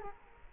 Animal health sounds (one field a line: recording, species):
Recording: mosquito wingbeat signal from an infrared sensor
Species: Culex quinquefasciatus